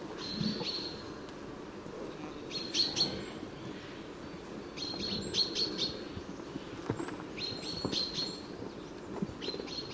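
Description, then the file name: Common chaffinch calls: short, high chirped notes in small clusters, repeated several times over a steady low rumble of background noise. "Fringilla coelebs"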